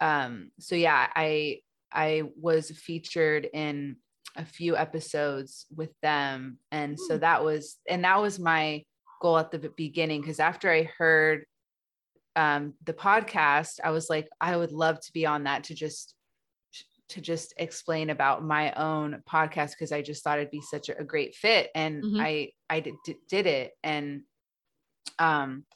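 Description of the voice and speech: A woman speaks conversationally with mostly smooth flow, broken by a whole-word repeat with a long pause ("to just... to just"), a repeated "I" with a sound repeat on "did", stretched sounds and long pauses. These are mild stuttering moments in an adult who stutters.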